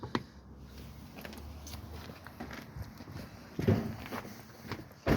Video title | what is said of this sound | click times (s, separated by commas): Swift Sprite Fairway Alpine 4 | okay and then push it back until it clicks back underneath nice and straight forward | 0.1 s